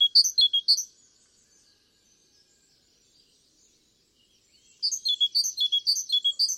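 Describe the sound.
Great tit giving quick, sharp, high notes, heard as a short burst at the start and a longer repeated series near the end, with quiet between.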